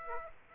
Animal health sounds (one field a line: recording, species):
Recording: mosquito wingbeat signal from an infrared sensor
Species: Aedes aegypti